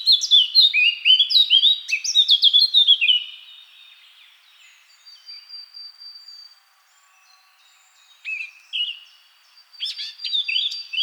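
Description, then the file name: Eurasian blackcap song with quick, jumbled warbles and whistles, a quieter spell with a thin sustained whistle, then further short bright phrases. "Sylvia atricapilla"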